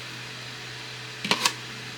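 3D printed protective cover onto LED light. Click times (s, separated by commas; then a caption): 1.3 s. A 3D printed plastic protective cover, with tabs on the outside for easy removal, is pressed onto an LED light to keep the light from being damaged. Over a steady low hum, a faint tick at 1.2 s leads into the sharp snap at 1.3 s as the cover seats, followed by a second click at 1.5 s and a loud burst right at the end. The cover snaps firmly into place.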